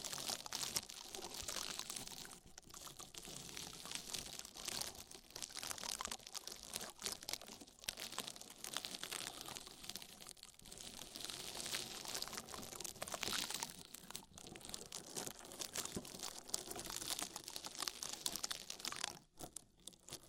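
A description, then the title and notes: Oil and foam ear massage gives a dense, continuous crackling and crinkling, bright and busy, with a brief near-silent pause near nineteen seconds. ASMR Oil, Foam and Tingly Ear Massage.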